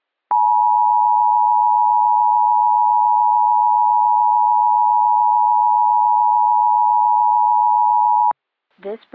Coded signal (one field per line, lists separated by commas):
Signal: Emergency Alert System (SAME) tones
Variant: 853 and 960 Hz attention tone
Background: speech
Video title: THE CHRISTMAS STAR (EAS)